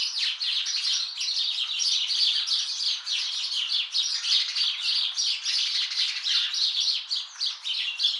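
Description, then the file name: Sparrows chirping, a dense, continuous chorus of overlapping short cheeps and chirrups from several birds without a break. Sparrow calling; recorded 23 April 2024. "moineau crie"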